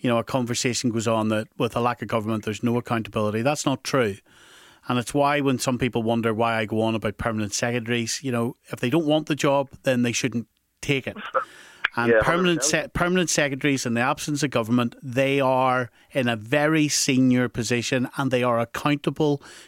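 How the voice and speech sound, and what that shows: A man talks fluently and steadily at an ordinary conversational pace, with a mid-low pitch and clear voicing. Apart from one ordinary restart of a phrase, nothing is unusual. This is normal adult speech with a clean, studio-like sound.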